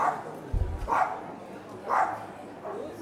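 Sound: dog barking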